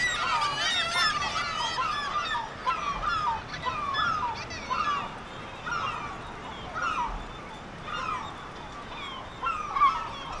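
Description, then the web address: Black-legged kittiwakes calling, nasal two-part cries repeated about once a second over a quieter background of colony calls. "sound Black-legged-kittiwake. صدای-پرنده-کاکایی-پاسیاه"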